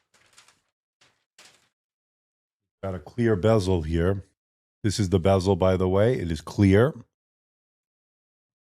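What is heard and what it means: A clear plastic display bezel is handled next to the screen lid of a Framework Laptop 13 (2025) DIY Edition, with a few faint plastic taps and rustles in the first 1.5 seconds. After that, someone talks. Nothing has seated or clicked yet; the bezel has not snapped into place.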